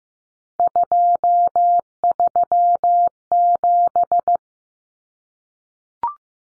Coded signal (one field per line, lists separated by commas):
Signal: Morse code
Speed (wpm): 15 wpm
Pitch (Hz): 700 Hz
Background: none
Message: 237